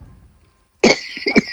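After a near-silent pause, a short cluster of two or three harsh coughs from an adult woman with a cough and a cold.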